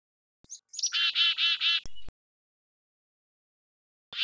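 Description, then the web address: Chickadee call: a couple of thin high notes, then several quick buzzy dee notes. Call variation. "timbillo. calls to know bc chickadee variation"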